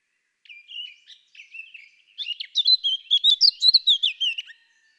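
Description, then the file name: Eurasian blackcap song: a few soft, scratchy warbled notes, then a louder, faster run of clear whistled notes. "Sylvia atricapilla"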